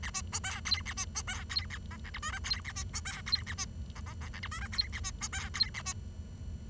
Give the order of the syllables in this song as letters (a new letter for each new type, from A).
A B C D E A B C D E A F G H I J E A B C D E A B F F F G H I J E A B C D E A B